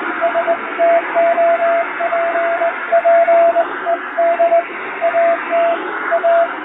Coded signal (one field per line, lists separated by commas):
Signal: Morse code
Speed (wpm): 20 wpm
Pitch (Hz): 680 Hz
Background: radio noise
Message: STOPPED AT A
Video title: モールス符号を利用した短波通信を再現！ラジオで聴こえたモールス無線電報！気持ち良い音色です。ノイズとフェージングを加えています。アマチュア無線の受信練習にどうぞ morse code practice